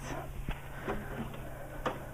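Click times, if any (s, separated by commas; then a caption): 1.9 s. After the release button at the back of a Yowza Sebring folding treadmill is squeezed, its deck is lifted into the folded upright storage position, with softer knocks at about 0.5 and 0.9 s. A sharp click at 1.9 s marks the storage latch catching, and the deck is seated and locked upright.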